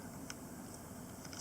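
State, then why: Not seated. A small plastic toy motor with a little red axle inside is handled against a bed built from plastic construction plates, ready to be pressed in. Light, sharp plastic ticks come at 0.3, 1.4 and 1.5 seconds over a quiet background. Nothing has seated or clicked into place yet.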